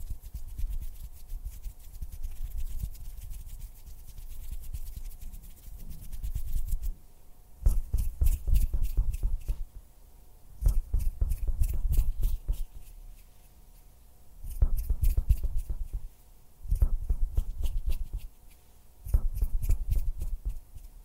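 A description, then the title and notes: Hand and mouth sounds: soft, dense scratchy fluttering of fingers fills the first seven seconds. After that come bursts of rapid clicking and tapping, each lasting one to two seconds, separated by short quiet gaps. A faint steady low hum sits underneath throughout. Hand sounds, finger fluttering, mouth sounds.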